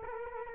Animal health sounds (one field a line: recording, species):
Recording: mosquito wingbeat signal from an infrared sensor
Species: Culex quinquefasciatus